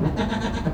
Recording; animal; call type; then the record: contact call of a hoofed animal; goat; low-frequency (closed-mouth) or high-frequency (open-mouth) call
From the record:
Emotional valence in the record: positive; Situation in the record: food anticipation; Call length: 0.75 s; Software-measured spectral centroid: 1560 Hz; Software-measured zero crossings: 1150 a second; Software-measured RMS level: -24 dBFS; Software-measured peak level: -10 dBFS